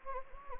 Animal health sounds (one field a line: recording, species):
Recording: mosquito wingbeat signal from an infrared sensor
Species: Anopheles gambiae